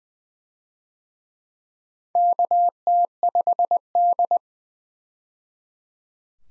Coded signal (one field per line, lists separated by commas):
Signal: Morse code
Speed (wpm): 20 wpm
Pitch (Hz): 700 Hz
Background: none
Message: KT5D